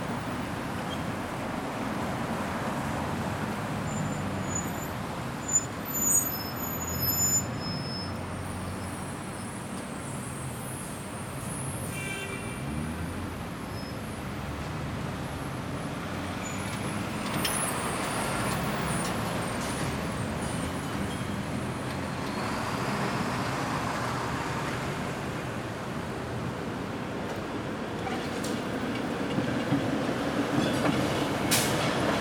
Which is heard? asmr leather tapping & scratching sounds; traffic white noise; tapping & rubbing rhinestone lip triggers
traffic white noise